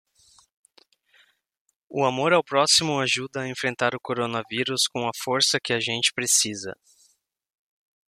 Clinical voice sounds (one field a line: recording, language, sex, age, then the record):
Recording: spoken sentence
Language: Brazilian Portuguese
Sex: male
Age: 30 to 39 years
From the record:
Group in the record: control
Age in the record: 36 years